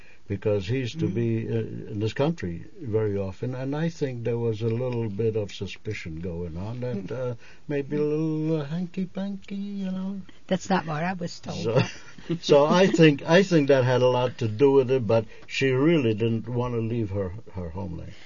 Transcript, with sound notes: because he used to be in this country very often, and I think there was a little bit of suspicion going on that maybe a little hanky panky, you know?
That's not what I was told. ( they laugh )
So I think that had a lot to do with it, but she really didn't want to leave her homeland.